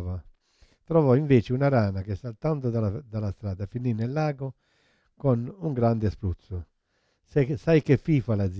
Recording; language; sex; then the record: read passage; Italian; male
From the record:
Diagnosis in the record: Parkinson's disease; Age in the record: 71 years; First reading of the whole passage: 50 s, 10.4 characters per second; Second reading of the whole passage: 45 s, 11.4 characters per second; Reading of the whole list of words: 37 s, 7.6 characters per second